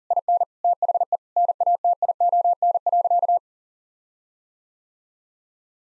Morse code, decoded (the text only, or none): IN THE NATION.